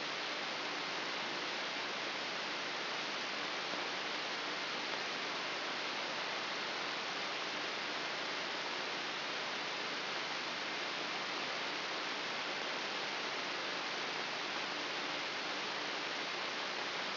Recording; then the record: brain microelectrode recording played as sound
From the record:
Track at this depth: inside the subthalamic nucleus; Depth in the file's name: 3.298 mm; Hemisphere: left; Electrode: 3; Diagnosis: Parkinson's disease